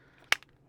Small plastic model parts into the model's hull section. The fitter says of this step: snapped into place there, just